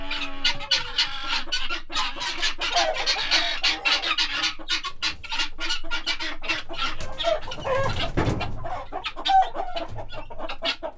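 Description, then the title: Guineafowl producing a rough, scratchy chatter from several birds, with a low thud late. Agitated domestic guineafowl at Monsieur Friard's farm, Groslée-Saint-Benoit, France, in the morning; recorded in ORTF stereo with Sennheiser MKH8040 and SD MixPre 6. "Ferme de Monsieur Friard - Groslée-Saint-Benoit, France - Pintades vénères"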